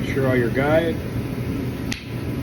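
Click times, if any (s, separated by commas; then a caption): 1.9 s. Someone talks as the two halves of a metal jig-pouring mold are closed with the guide pins lined up, over a steady background hum. A single sharp click sounds at 1.9 s as the mold half seats onto the other half, shutting properly with no gaps.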